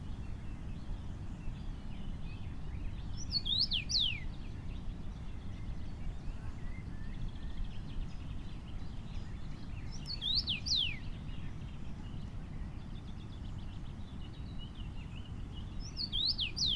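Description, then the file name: Common rosefinch song: a short phrase of clear slurred whistles, repeated about every six to seven seconds over a steady low rumble. Recorded 25 May 2019 in Essenbach, Germany. "Karmingimpel 25 05 2019 Essenbach LA Susanne Rieck"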